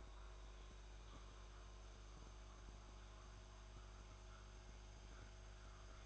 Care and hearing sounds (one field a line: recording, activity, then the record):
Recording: daily activity, microphone in the room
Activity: make coffee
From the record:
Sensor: 2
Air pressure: 1014.6 hPa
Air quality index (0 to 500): 189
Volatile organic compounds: 17 ppm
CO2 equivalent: 2595 ppm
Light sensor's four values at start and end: 4/10/3/4 and 4/10/3/4